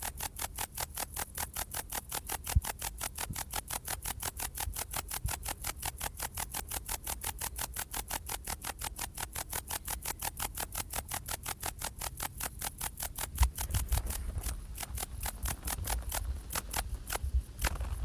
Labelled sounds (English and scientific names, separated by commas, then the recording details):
Bog Bush-cricket (Metrioptera brachyptera) stridulation
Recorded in the wild
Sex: male
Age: imago
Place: Königswartha, Oberlausitz, Sachsen, DE
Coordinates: 51.3272, 14.3083
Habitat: meadow
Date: 1989-08-10
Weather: sonnig
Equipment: Riporter 6 RG-K, Halbspur, Sennheiser MKH 416 T
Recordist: Frommolt, Karl-Heinz